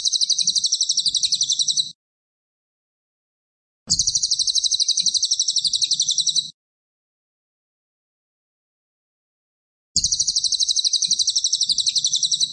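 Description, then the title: Cililin song: three high, fast rattling trills lasting two to three seconds each, evenly pulsed, with silent pauses between bursts. Chattering cililin in tight, rapid bursts; suitable as a tutor recording (masteran) for murai (shamas). "Cililin AMPUH. Cililin gacor tembakan rapet cocok untuk masteran murai"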